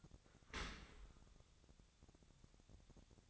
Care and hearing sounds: daily activity, microphone in the room; open dishwasher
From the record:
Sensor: 3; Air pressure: 1006.8 hPa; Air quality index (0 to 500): 207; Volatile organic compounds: 19 ppm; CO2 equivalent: 2639 ppm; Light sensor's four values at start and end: 11/26/11/11 and 11/26/11/11

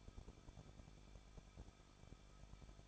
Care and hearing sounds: daily activity, microphone in the room; no activity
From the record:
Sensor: 5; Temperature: 20.8 degrees Celsius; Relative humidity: 38.2%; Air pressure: 1006.6 hPa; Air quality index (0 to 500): 185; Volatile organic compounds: 17 ppm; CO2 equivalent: 2590 ppm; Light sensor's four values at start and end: 2/3/1/1 and 2/3/1/1

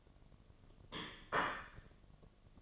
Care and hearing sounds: daily activity, microphone in the room; place plate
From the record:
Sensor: 4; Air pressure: 1005.1 hPa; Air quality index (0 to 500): 183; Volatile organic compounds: 5 ppm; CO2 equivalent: 1802 ppm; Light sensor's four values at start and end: 5/11/4/4 and 5/11/4/4

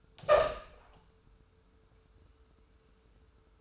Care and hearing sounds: daily activity, microphone in the room; open door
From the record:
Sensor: 2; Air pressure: 1015.1 hPa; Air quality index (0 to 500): 162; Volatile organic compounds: 8 ppm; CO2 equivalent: 2107 ppm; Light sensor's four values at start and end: 13/35/14/15 and 13/35/14/15

